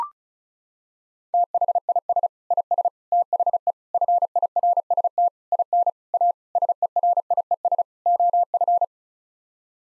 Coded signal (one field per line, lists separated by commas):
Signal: Morse code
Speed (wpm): 34 wpm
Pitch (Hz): 700 Hz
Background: none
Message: THIS IS THE FIRST IN A SERIES OF